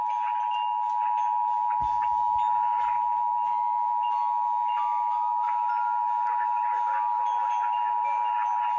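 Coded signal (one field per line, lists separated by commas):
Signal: Emergency Alert System (SAME) tones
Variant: 853 and 960 Hz attention tone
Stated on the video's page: Required Monthly Test relayed by Seattle-area FM, HD, TV and AM stations.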